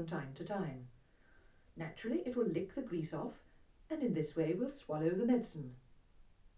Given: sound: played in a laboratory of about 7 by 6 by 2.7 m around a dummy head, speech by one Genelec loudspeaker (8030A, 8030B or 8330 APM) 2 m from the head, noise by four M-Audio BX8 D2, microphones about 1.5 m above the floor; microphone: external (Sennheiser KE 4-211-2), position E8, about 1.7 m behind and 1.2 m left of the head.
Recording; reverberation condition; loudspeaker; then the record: female speech in English; low; 30 degrees to the left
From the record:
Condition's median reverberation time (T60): about 310 ms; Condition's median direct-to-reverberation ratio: about 3.5 dB